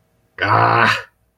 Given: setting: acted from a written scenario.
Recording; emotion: vocal sound without words; anger